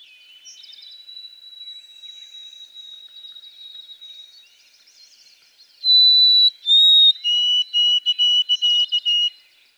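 White-throated sparrow whistling its song: a long, thin whistled tone, then loud pure whistles stepping down in pitch into a series of repeated, evenly spaced notes.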